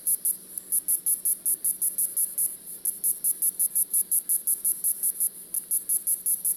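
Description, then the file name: Cicada song: a high, sharp buzzing pulse repeated steadily many times in quick succession, over a faint low hum. "cicada titti"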